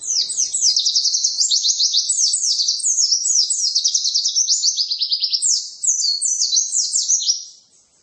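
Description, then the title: White-eye song: brisk, high, jumbled twittering notes running steadily for about seven seconds with one brief hitch, then silence. "pleci"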